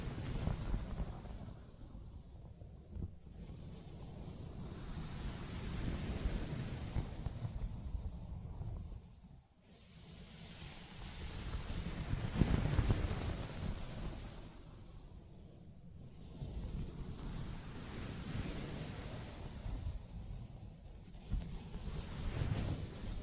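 Soft fabric is scratched and rubbed in slow, repeated passes, making a dense whooshing hiss that swells and fades about every six seconds, with brief quiet dips between strokes. Low rumble runs underneath, and a faint thud stands out around twelve seconds.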